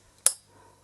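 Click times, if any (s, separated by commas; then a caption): 0.3 s. A plastic push-pin foot of a stock CPU cooler, at the left-diagonal corner, is pressed into its motherboard mounting hole. It gives a sharp, bright click at 0.3 s, followed by a faint, quieter tick near the end. The push pin is seated.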